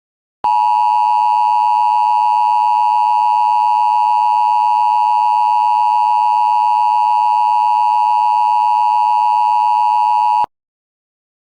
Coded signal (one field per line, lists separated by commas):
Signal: Emergency Alert System (SAME) tones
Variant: 853 and 960 Hz attention tone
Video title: Gigan (A EAS Long Scenario)